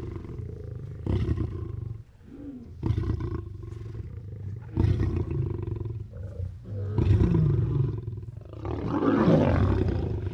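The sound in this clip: Lion snoring, deep rasping breaths roughly every two seconds, growing louder toward the end.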